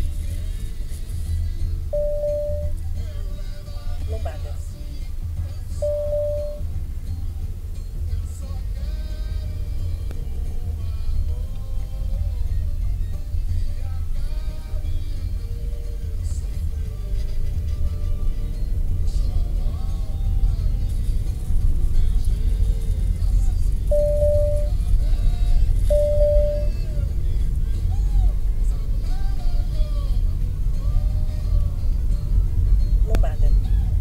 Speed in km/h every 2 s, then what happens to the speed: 11, 9, 7, 7, 13, 14, 13, 13, 20, 27, 30, 30, 31, 32, 32, 31, 32.
0-6 steady at about 7. 6-9 speeds up to 14. 9-14 steady at about 13. 14-19 speeds up to 30. 19-34 steady at about 31.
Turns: none.